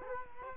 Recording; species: mosquito wingbeat signal from an infrared sensor; Culex quinquefasciatus